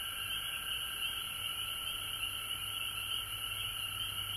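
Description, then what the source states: Frogs calling in a dense, unbroken chorus with steady high trilling bands, plus a faint low hum underneath. Recorded at home in Georgia on March 19, 2020.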